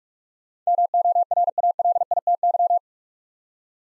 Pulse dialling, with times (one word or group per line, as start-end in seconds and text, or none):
none